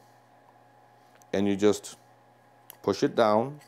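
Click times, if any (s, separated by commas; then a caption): none. A small reflective mirror is handled and pushed down into a plastic telescope diagonal housing, toward its four little retaining tabs, while someone talks. Faint handling ticks are heard around 1.2 s and 2.7 s, and nothing has seated or clicked yet.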